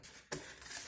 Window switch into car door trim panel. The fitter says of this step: new part comes from the other side in clicks